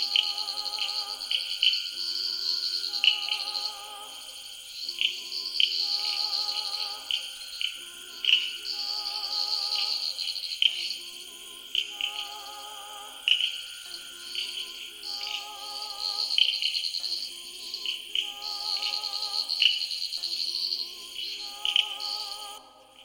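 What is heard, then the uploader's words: A wetland at midnight, filled with a dense, steady chorus of high, bright trilling from insects or frogs. Pulsing calls repeat every second or two over it, with lower warbling notes underneath, and the whole layered mix stays even throughout. Samuel Kudjodzi's field recording of wetlands at midnight in Ghana. Ghana wetland insects reimagined by Joseph Chaves.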